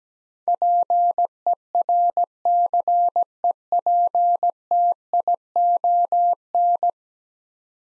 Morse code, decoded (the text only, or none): PERCEPTION